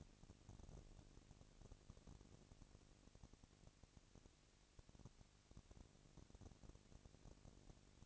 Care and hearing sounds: daily activity, microphone in the room; no activity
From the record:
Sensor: 4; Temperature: 22.3 degrees Celsius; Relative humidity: 31.9%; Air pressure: 998.0 hPa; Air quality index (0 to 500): 203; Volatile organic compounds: 17 ppm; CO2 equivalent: 2570 ppm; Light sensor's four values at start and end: 2/3/1/1 and 2/3/1/1

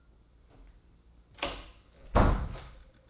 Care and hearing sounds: daily activity, microphone in the room; close door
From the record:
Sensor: 3

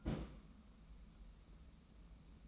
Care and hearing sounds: daily activity, microphone in the room; place on stove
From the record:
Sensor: 1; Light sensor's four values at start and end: 139/321/143/157 and 139/321/142/157

